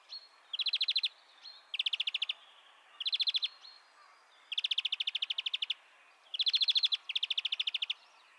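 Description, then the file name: European greenfinch repeating even, rapid chattering trills of about half a second to one second each, with short gaps between bursts. "Chloris chloris"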